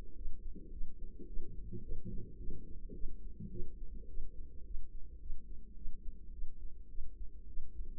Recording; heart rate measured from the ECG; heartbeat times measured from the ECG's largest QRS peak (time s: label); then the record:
heart sounds by microphone in the left ear; 106 bpm
0.14 s: heartbeat
0.70 s: heartbeat
1.26 s: heartbeat
1.82 s: heartbeat
2.37 s: heartbeat
2.93 s: heartbeat
3.50 s: heartbeat
4.07 s: heartbeat
4.64 s: heartbeat
5.19 s: heartbeat
5.75 s: heartbeat
6.31 s: heartbeat
6.88 s: heartbeat
7.47 s: heartbeat
From the record:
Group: healthy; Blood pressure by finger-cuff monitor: 113/71 mmHg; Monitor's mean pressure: 85 mmHg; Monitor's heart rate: 107 bpm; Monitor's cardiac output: 8.3 L/min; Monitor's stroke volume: 78 mL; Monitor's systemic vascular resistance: 740 dyn s/cm5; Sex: female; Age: 22 years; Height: 157 cm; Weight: 47.6 kg